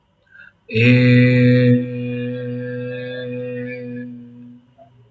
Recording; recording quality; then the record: sustained vowel as in made; excellent, no background noise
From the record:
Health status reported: healthy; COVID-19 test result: negative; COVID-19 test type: RT-PCR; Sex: male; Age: 22 years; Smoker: no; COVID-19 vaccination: one dose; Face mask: not worn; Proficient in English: yes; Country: India